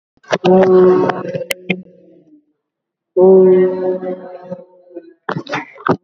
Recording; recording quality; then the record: sustained vowel as in boot; moderate, slight background noise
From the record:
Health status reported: COVID-19 positive, mild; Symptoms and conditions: cough, cold, breathing difficulty, fever, fatigue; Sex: male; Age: 39 years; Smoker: not ticked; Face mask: not worn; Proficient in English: no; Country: India